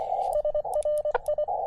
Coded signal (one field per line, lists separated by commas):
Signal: Morse code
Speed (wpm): 24 wpm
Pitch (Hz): 600 Hz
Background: radio noise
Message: SRI